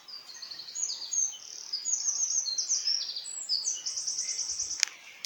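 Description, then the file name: Eurasian wren delivering a long, very high, rapid outpouring of trills and sharp twittering notes, continuing for nearly five seconds, with a sharp click near the end. "Troglodytes troglodytes"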